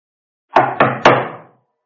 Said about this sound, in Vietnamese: Ngoài cửa chợt có tiếng gõ cửa mạnh vang dội vào trong nhà.